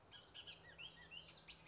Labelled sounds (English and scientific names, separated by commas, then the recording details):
Bullock's Oriole (Icterus bullockii)
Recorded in Sonoma County, California